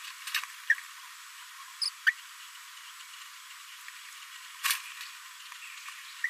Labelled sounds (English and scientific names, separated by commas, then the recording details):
Green-rumped Parrotlet (Forpus passerinus) babbling
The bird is a male
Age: 26 days
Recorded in a nest box in Venezuela
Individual 17B42A3